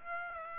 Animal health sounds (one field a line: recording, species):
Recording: mosquito wingbeat signal from an infrared sensor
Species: Aedes aegypti